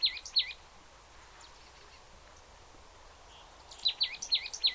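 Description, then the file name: Marsh tit calls: a pair of sharp, curved high notes, a quiet pause, then a quick run of several similar notes in close succession against a faint background hiss. "Poecile palustris"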